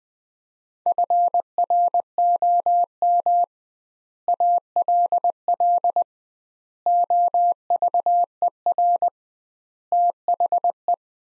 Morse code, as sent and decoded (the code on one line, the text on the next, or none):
..-. .-. --- -- / .- .-.. .-.. / --- ...- . .-. / - .... .
FROM ALL OVER THE